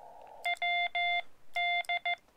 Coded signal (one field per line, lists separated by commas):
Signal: Morse code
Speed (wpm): 14 wpm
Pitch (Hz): 2100 Hz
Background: none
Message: WD